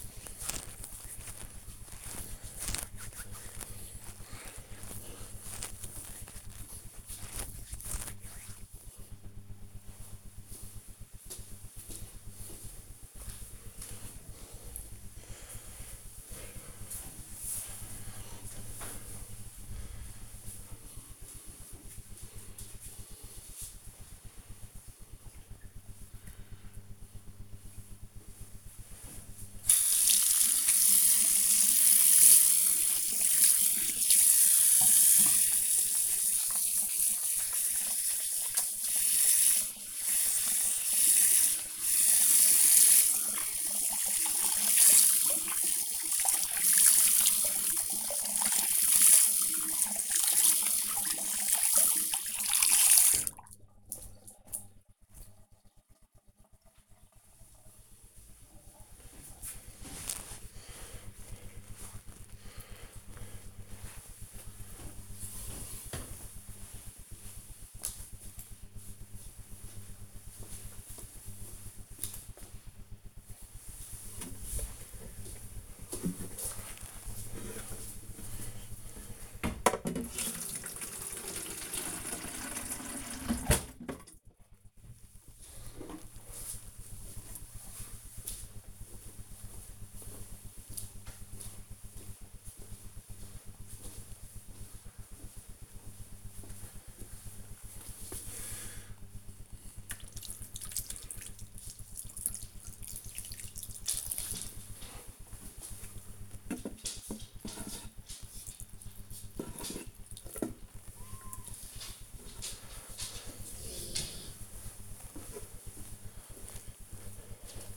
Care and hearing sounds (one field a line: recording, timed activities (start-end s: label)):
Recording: household activities, microphone on the right wrist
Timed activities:
0.00-8.75 s: cream hands
28.87-56.04 s: washing hands
73.19-117.77 s: watering plant